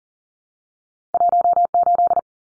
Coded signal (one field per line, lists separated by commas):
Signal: Morse code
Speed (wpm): 40 wpm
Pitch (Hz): 700 Hz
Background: none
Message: 18